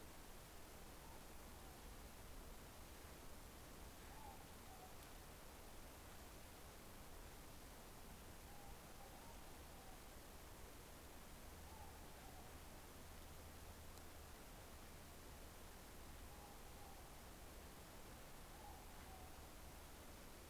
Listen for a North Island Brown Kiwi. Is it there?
no